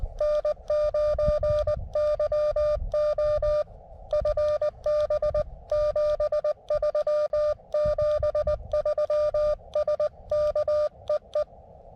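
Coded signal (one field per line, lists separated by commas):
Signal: Morse code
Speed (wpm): 18 wpm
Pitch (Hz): 600 Hz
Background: none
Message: N9YO FB 73 73 SK E E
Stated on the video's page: QRP CW from a mountain top using an Elecraft KX2 with an AX1 antenna mounted on a mast.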